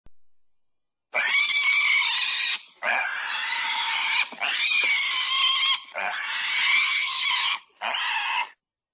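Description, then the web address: Pig screaming: five long, harsh, piercing squeals, most about one and a half seconds and the last shorter, separated by short gaps. Pig screaming while being slaughtered. "animal pig-slaughter-scream"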